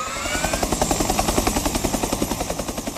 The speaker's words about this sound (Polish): Nad Warszawą przelecie dziś w sumie około 60 statków powietrznych, w tym samoloty CASA i Herkules oraz wielozadaniowe F-16.